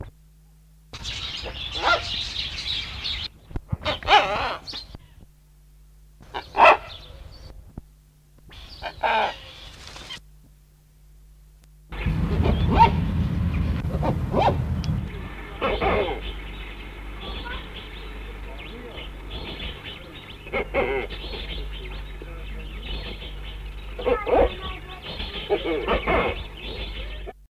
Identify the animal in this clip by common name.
Blyth's Hornbill